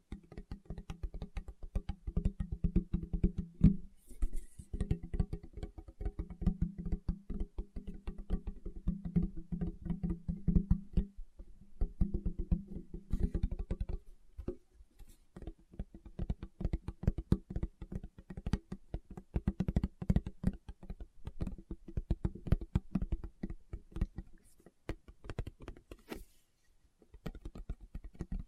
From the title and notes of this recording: ASMR Tapping with Fingertips (No Talking).